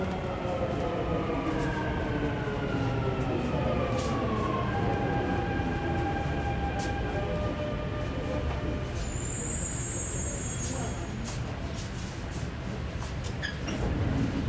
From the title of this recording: Al Nadha to Al Ghurair center walking,Bus ride,Metro ride experience